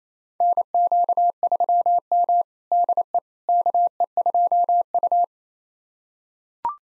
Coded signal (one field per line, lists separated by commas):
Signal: Morse code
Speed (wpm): 28 wpm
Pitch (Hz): 700 Hz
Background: none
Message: NQ3M DE KE2U